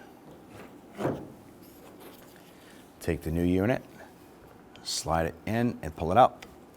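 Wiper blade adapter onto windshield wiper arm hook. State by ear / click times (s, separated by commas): not seated / none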